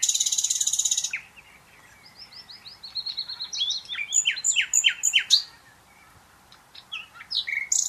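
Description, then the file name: Common nightingale opening with a harsh buzzy rattle, then a long run of repeated whistled notes building into loud rhythmic chattering phrases, quiet, then more notes. "Luscinia megarhynchos"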